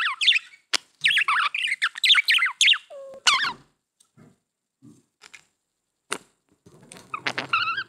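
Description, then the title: Budgerigar chatter, quick wavering whistles and squeaks for three seconds, then quieter clicks and a final warbled phrase. "Budgie Sounds"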